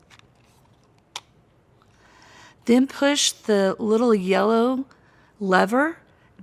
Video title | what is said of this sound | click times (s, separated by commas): Pediatric In-Hub Tutorial | from top to bottom until it clicks like this | 1.2 s